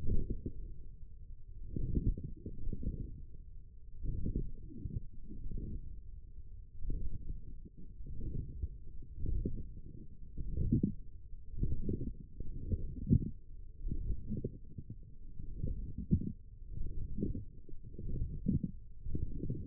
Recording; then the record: forearm muscle sounds (acoustic myography)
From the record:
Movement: forearm pronation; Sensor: system 1, eight BSWA MPA416 microphones around the upper forearm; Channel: 1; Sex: male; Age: 42 years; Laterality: right